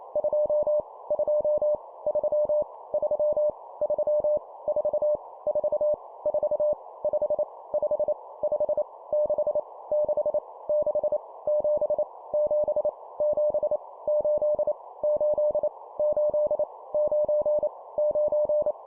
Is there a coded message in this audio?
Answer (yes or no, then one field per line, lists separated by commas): yes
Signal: Morse code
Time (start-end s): 0.2-18.7 s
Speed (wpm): 28 wpm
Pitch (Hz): 600 Hz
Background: none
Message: 2 2 3 3 3 4 4 4 5 5 5 6 6 6 7 7 7 8 8 8 9 9